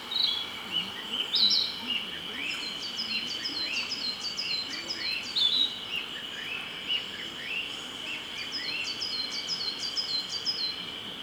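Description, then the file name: Narcissus flycatcher song: rapid trains of short, high, down-slurred chirps repeated in bursts, over a steady high-pitched hum throughout, with softer bird notes lower down. "rodolphe alexis - narcissus flycatcher"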